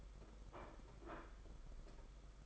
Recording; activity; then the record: daily activity, microphone in the room; place plate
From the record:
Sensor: 5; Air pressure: 992.0 hPa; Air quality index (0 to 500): 166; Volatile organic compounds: 396 ppm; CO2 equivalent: 4666 ppm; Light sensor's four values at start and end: 31/106/39/42 and 31/106/39/42